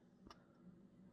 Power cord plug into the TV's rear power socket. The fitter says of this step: Alright, heard a little click. I think the Telly is in.